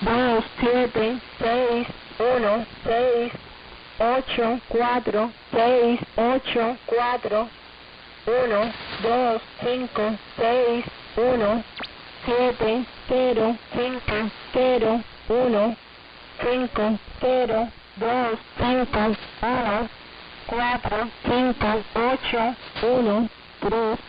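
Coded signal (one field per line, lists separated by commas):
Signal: numbers station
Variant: HM01, Spanish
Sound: a voice reads single digits in Spanish at a steady pace, short pauses between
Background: radio static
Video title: 23 01 2023 Numbers HM01 Cuban Spy in Spanish 1700 on 11530 Bejucal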